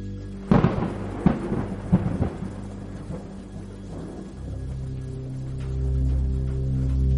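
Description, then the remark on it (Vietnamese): A night thunderstorm that broke tree branches, with several sharp cracks of thunder in quick succession, giving way to a low, swelling rumble over a steady wash of rain. “Đêm qua trận bão đã khiến cho cây cối gãy cành, rớt xuống che kín miệng giếng.”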